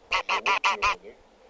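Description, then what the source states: Greylag goose honking: five loud, nasal honks in quick even succession, then quiet. Flock of greylag geese calling together, described as a noisy gathering.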